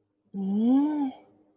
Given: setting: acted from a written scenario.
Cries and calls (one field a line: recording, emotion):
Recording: vocal sound without words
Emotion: sympathy